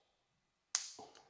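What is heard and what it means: A blue plastic terminal position lock is pushed down over two wires onto a black connector housing while installing a fan on a Ventrac 4520n canopy. After near silence, one sharp, bright snap rings at 0.8 s and fades over a short tail. The first side of the locking piece snaps in and seats.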